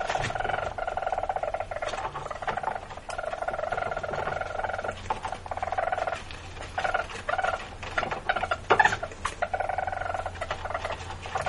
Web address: least weasel